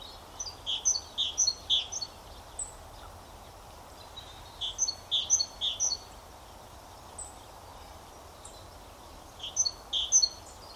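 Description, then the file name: Great tit calls in three separate bursts of quick, high chirped notes, each cluster a rapid series of sharp ticks, with pauses and a few faint isolated notes between, over steady background hiss. "Parus major"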